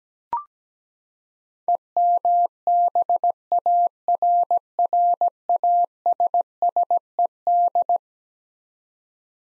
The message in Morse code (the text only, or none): EMBARRASSED